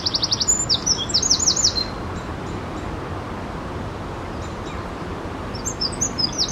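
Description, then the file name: Eurasian wren giving rapid, high, buzzy trills of repeated notes for under two seconds, a quiet pause, then more high chattering notes near the end over a steady low rumble. "Troglodytes troglodytes"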